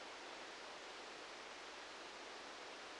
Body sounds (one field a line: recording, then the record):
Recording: brain microelectrode recording played as sound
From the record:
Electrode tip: outside the subthalamic nucleus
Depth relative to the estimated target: -10 mm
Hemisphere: right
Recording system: NeuroSet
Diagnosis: Parkinson's disease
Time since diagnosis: 7 years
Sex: male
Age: 44 years